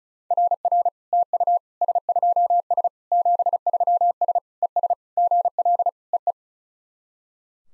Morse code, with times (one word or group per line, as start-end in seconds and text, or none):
0.3-0.9 RR
1.1-1.6 TU
1.8-2.9 S2S
3.1-4.4 73S
4.6-4.9 ES
5.2-5.9 GL
6.1-6.3 EE